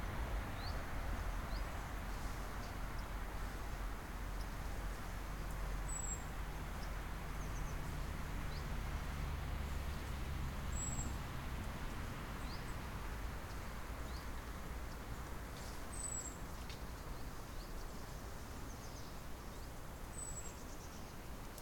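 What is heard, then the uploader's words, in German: A dense, steady rushing roar of circling starlings with a low rumble underneath, and a thin high chirp roughly every five seconds. Kreisende Stare. Stare, wenn ausreichend Zahlreich, machen erstaunlich laute Geräusche bei Richtungsänderungen.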